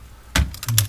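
A finger pushes outward on the plastic clips holding the control board cover in a Sub-Zero 600 and 700 Series refrigerator, the clips that snap into place when the cover is installed. Sharp plastic clicks sound at 0.4 s and 0.8 s, with a few softer ticks between them, as the clips pop free and the cover is released.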